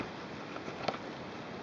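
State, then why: Seated. A plastic brush attachment is pushed onto the end of the nozzle of a Vehemo 12V handheld car vacuum cleaner. Over a steady broadband hiss, a single sharp click sounds at 0.9 s as the attachment locks into place on the nozzle.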